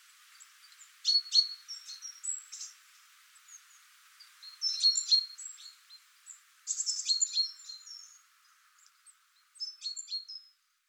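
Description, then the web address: Great tit chattering calls: several bursts of rapid, buzzy, harsh notes separated by short pauses, with a few thin high notes between. "SETE Parus major"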